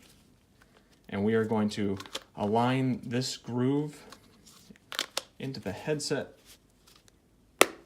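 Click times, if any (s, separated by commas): 7.6 s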